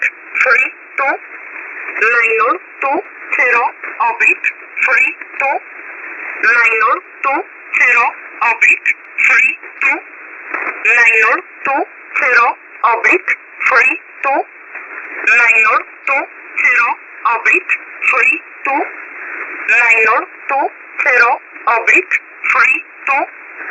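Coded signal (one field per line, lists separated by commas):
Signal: numbers station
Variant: E11, English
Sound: flat voice repeating 'oblique 32 920' six times over a narrowband radio channel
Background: radio static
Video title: 12229kHz USB Polish Number Station E11 calling 920 (Jun 21, 2026)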